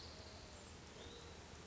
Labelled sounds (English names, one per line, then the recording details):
Hutton's Vireo
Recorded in Sonoma County, California